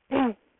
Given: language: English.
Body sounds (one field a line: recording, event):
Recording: throat vibration sensor signal played as sound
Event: throat clearing